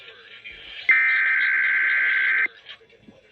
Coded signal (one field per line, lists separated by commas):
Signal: Emergency Alert System (SAME) tones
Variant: header bursts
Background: speech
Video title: EAS 395 KDKA RWT *With a new voice!